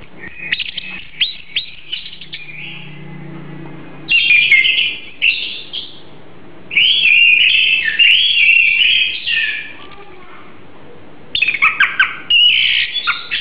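Oriental magpie-robin delivering clipped chirps followed by long bursts of bright, varied whistled warbling, separated by brief quiet gaps.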